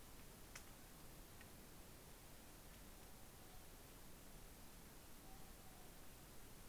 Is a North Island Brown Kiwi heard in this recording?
no